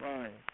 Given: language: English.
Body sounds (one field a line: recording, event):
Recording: throat vibration sensor signal played as sound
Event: speech